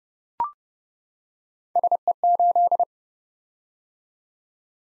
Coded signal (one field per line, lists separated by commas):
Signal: Morse code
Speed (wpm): 30 wpm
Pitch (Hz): 700 Hz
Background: none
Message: SE8